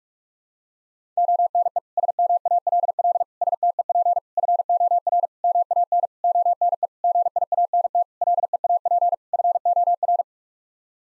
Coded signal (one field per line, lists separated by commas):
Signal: Morse code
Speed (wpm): 46 wpm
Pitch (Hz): 700 Hz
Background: none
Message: ONE SMALL STEP FOR MAN ONE GIANT LEAP FOR